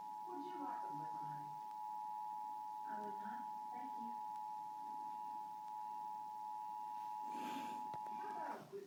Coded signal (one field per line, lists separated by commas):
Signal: Emergency Alert System (SAME) tones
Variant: 853 and 960 Hz attention tone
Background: speech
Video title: Severe Thunderstorm Warning on WBAP-AM (EAS #942, Incomplete)